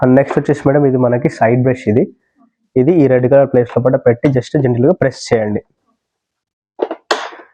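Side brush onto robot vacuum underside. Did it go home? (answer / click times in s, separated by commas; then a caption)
yes / 7.1 s. A side brush is placed on the red-marked spot underneath an Ecovacs Deebot N30 Plus white 2-in-1 robot vacuum and mop (2025) and gently pressed while someone talks. After a couple of faint handling taps near 6.8 s and 6.9 s, a sharp snap at 7.1 s marks the brush seating onto the vacuum.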